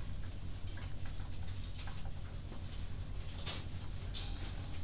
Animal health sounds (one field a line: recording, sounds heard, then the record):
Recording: poultry house recording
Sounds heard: no chicken sound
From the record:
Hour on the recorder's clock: 22